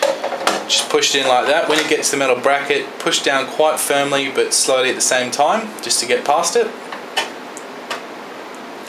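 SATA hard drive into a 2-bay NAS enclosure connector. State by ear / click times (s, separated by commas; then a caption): seated / 7.6 s, 7.9 s. A SATA hard drive is pushed down past the metal bracket into a drive bay of a 2-bay NAS enclosure while someone talks. After the talking stops, two short clicks at 7.6 s and 7.9 s mark the drive seating onto the bay's SATA connectors, secure.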